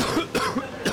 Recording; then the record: coughing mixed with background sound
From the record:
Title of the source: Coughing 46